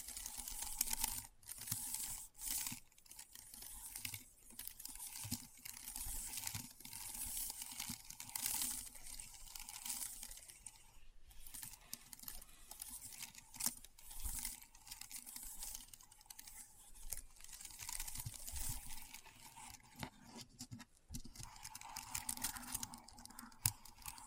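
Keyboard typing runs almost without pause, a dense patter of bright, crisp clicks over a low steady hum. The tapping is fast and slightly uneven, broken by a few brief silent gaps, near 1, 11 and 21 seconds.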